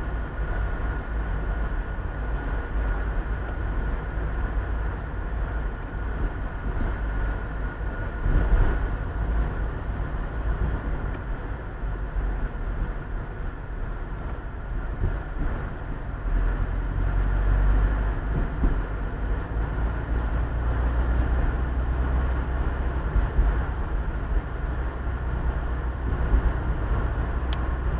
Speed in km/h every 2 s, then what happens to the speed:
32, 31, 29, 28, 31, 33, 28, 23, 26, 31, 35, 37, 37, 36.
0-10 steady at about 31. 10-15 slows to 23. 15-20 speeds up to 35. 20-28 steady at about 36.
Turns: none.